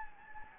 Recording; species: mosquito wingbeat signal from an infrared sensor; Anopheles gambiae